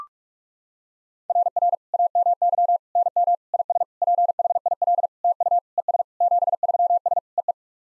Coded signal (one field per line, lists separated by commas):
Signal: Morse code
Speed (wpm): 44 wpm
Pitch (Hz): 700 Hz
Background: none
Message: RR AMY NM IS PHIL TU ES 73S EE